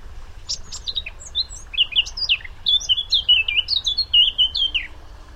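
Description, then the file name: Eurasian blackcap song, starting with thin high squeaks and scratchy notes, then building into a loud, mellow whistled flourish of quick phrases. "Sylvia atricapilla"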